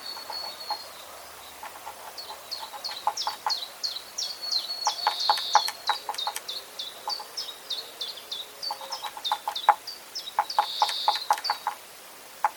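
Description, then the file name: Eurasian blue tit calls: rows of short high descending notes repeated in quick runs, mixed with sharp dry clicks. "Cyanistes caeruleus"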